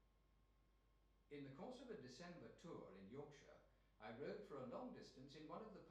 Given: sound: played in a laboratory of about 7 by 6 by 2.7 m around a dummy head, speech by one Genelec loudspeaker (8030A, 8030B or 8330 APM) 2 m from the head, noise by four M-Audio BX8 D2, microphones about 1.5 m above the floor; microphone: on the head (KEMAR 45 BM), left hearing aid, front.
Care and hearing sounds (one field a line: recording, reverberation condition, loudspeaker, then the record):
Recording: male speech in English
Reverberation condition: medium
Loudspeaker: 90 degrees to the right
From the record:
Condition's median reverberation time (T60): about 510 ms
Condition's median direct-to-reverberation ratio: about -0.5 dB